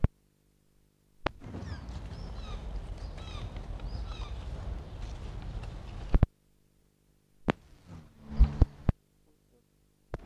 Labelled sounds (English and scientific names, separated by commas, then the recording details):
Wapiti (Cervus canadensis) rut call
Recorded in captivity
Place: Zoo Halle, Sachsen-Anhalt, DE
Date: 1960-10-14 10:00
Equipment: Reporter (Vollspur)
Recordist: Tembrock, Günter